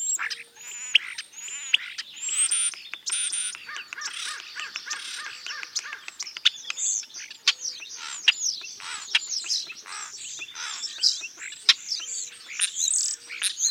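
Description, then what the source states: Starling chatter running without pause, dense clicks, squeaky whistles and rasping notes overlapping. Constant calling.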